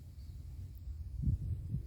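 The front fuel line quick-connect coupling is handled at the new inline fuel filter's nipple on a 1993 Ford F250. Low, muffled handling rumbles are heard, with a faint tick near 0.8 s and heavier thuds around 1.2–1.8 s. Nothing has seated or clicked yet.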